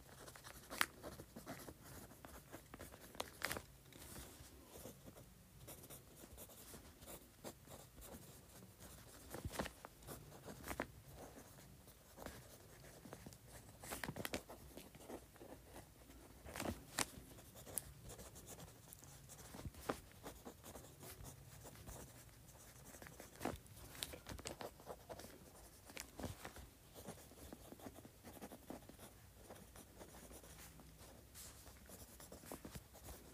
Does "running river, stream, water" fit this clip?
no